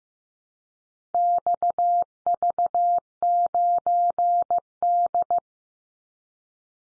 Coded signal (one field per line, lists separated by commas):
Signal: Morse code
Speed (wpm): 15 wpm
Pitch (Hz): 700 Hz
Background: none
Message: XV9D